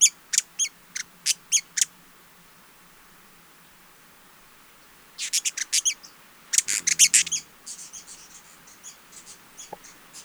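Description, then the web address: Hyacinth visorbearer calls: a series of sharp, very high chips, then a dense burst of rapid high ticks and softer trailing notes after a quiet gap. "Hyacinth visorbearer. صدای-پرنده-آفتابگیر-سنبلی"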